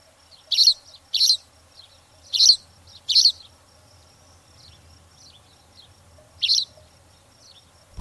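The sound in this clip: Spanish sparrow chirps, short bright notes in a loose cluster of four, then a pause and one more chirp.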